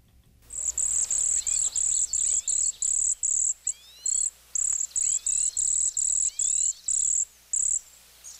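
Cedar waxwing giving very high, thin lisping notes in a fast, regular series, with faint curving whistles beneath.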